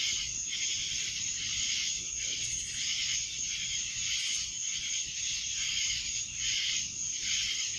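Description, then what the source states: Cicada chorus, an unbroken high-pitched buzzing with gentle surges in loudness. Cicadas in Annapolis, July 2012.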